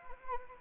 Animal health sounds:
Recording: mosquito wingbeat signal from an infrared sensor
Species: Anopheles arabiensis

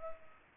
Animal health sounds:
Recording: mosquito wingbeat signal from an infrared sensor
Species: Culex pipiens

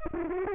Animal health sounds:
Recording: mosquito wingbeat signal from an infrared sensor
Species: Culex pipiens

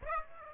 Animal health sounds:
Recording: mosquito wingbeat signal from an infrared sensor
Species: Aedes aegypti

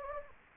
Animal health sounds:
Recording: mosquito wingbeat signal from an infrared sensor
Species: Anopheles gambiae

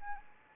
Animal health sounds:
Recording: mosquito wingbeat signal from an infrared sensor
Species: Anopheles arabiensis

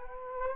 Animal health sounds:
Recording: mosquito wingbeat signal from an infrared sensor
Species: Culex quinquefasciatus

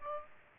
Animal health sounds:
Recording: mosquito wingbeat signal from an infrared sensor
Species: Aedes aegypti

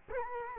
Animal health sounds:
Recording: mosquito wingbeat signal from an infrared sensor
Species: Culex quinquefasciatus

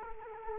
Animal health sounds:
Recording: mosquito wingbeat signal from an infrared sensor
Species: Culex quinquefasciatus

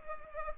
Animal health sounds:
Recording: mosquito wingbeat signal from an infrared sensor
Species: Culex pipiens

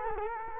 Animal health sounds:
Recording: mosquito wingbeat signal from an infrared sensor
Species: Culex quinquefasciatus

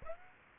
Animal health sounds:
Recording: mosquito wingbeat signal from an infrared sensor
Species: Aedes aegypti

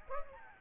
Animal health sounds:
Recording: mosquito wingbeat signal from an infrared sensor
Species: Aedes albopictus

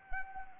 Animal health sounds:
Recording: mosquito wingbeat signal from an infrared sensor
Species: Anopheles arabiensis

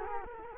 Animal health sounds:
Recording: mosquito wingbeat signal from an infrared sensor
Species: Culex quinquefasciatus

